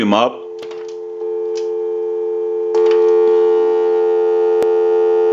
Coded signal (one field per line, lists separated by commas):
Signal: telephone call progress tone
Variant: North America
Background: speech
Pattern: dial tone